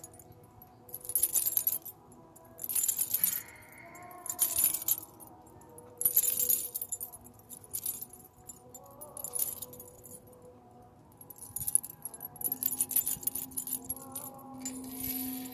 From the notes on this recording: Tibetan singing bowls, gypsy bracelet, Native American tribal drumming, the birds, wind chimes, kitties joining in